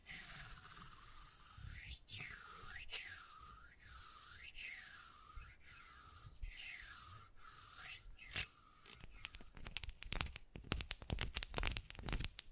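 Fast-changing ASMR triggers: for about nine seconds a bright, rhythmic swishing repeats roughly twice a second, each stroke rising and falling in pitch. Around the ninth second it switches to rapid, irregular crinkly tapping and clicking that continues to the end.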